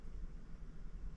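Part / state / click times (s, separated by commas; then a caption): micro-BNC connector body onto coax cable center pin / not seated / none. A metal Canare micro-BNC connector body is slid over the crimped center pin of a coaxial cable and pushed toward its locking point. Only a steady low rumble and broadband hiss are heard, with no distinct hit. Nothing has seated or clicked yet.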